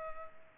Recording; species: mosquito wingbeat signal from an infrared sensor; Culex pipiens